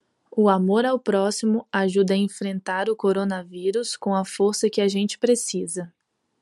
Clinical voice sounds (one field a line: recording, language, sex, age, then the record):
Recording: spoken sentence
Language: Brazilian Portuguese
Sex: female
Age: 20 to 29 years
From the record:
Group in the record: control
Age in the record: 29 years